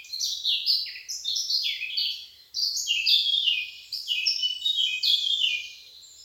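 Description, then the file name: Eurasian blackcap song: several hurried phrases of scratchy, twittering high notes, with brief dips between phrases. "Sylvia atricapilla"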